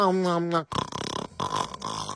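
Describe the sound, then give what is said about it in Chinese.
A voice imitates the snoring of a diner asleep slumped on a restaurant table: a brief hummed tone gives way to three loud, rough, raspy snorts separated by short pauses. “别打呼噜了”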